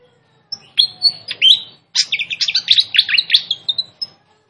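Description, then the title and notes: Fantail song: a few high whistled chirps, a short pause, then a dense, rapid twittering phrase. Master recording of sikatan kipas (fantail flycatcher) song for cage-bird training, described as a clear voice; also called sikatan londo. "Masteran Sikatan Kipas Suara Jernih Dan Suara Gemericik Air. Suara Burung Sikatan Londo"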